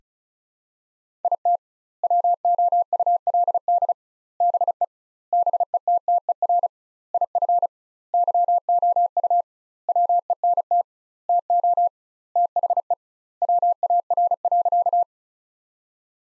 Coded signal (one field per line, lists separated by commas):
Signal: Morse code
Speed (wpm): 36 wpm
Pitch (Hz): 700 Hz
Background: none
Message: IT WOULD BE BETTER IF YOU WENT TO THE WAR.